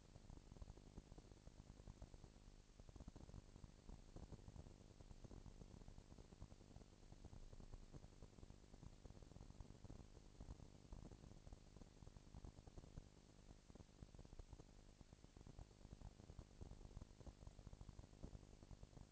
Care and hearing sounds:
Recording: daily activity, microphone in the room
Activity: no activity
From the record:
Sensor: 5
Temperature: 19.8 degrees Celsius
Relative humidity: 36.7%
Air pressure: 997.2 hPa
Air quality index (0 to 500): 168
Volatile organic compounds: 14 ppm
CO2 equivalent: 2436 ppm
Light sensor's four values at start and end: 2/3/1/1 and 2/3/1/1

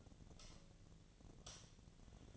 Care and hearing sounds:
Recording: daily activity, microphone in the room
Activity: light off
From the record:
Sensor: 4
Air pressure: 1010.7 hPa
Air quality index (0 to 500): 171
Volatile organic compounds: 5 ppm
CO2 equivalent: 1738 ppm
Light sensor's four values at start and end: 38/109/43/44 and 37/108/43/43

